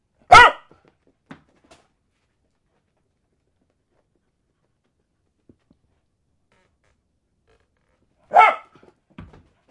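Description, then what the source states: Dog barking twice, one sharp bark at the start and another near the end, separated by long quiet. Dog barking while playing fetch.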